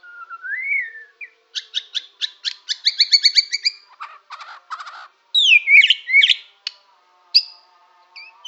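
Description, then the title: White-rumped shama song opening with a rising whistle, then rapid repeated clicks and buzzy notes, followed by looping sweeping whistles and scattered high chirps. Borneo. "MURAI BORNEO MAS KIKI"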